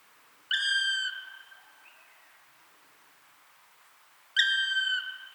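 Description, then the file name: Black woodpecker uttering two long, high whistled calls, the second starting about four seconds after the first, with a quiet background. "Dryocopus martius"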